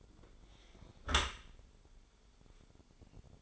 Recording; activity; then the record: daily activity, microphone in the room; close dishwasher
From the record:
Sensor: 5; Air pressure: 1015.0 hPa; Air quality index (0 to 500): 157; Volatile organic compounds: 4 ppm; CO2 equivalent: 1698 ppm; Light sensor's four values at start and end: 38/89/36/39 and 37/88/36/38